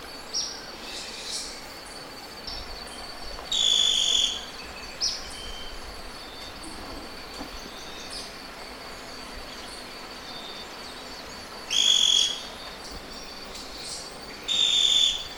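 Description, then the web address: Scale-crested pygmy-tyrant giving short buzzy notes spaced a few seconds apart, with a few softer notes between, over a faint hiss. Recorded in Ecuador. "Natures Songs S America Birds of Ecuador Scale-crested Pygmy-Tyrant"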